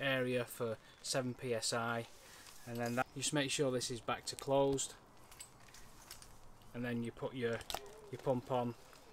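Someone talks while fitting a hand pump hose connector, with a pressure gauge marked with a green area for 7 psi, onto the closed inflation valve of a Vango Kalari 420 air awning. Brief handling noises are heard between about 5.3 and 6.2 seconds, with another at 8.9 seconds. The clip ends before the connector is twisted and locked, so nothing has seated yet.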